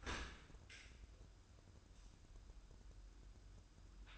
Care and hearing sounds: daily activity, microphone in the room; open dishwasher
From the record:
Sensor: 2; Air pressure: 994.3 hPa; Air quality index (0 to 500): 212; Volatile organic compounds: 1000 ppm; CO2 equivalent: 7026 ppm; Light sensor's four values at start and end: 131/315/133/138 and 132/316/134/138

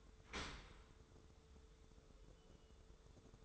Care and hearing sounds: daily activity, microphone in the room; open dishwasher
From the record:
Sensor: 3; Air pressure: 1015.0 hPa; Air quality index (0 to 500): 36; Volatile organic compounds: 1 ppm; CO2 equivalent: 566 ppm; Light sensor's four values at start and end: 11/26/11/11 and 11/26/11/11

